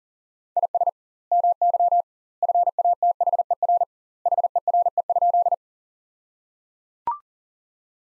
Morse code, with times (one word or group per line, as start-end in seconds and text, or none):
0.6-0.9 IS
1.3-2.0 MY
2.4-3.8 FATHER
4.3-5.5 HERE?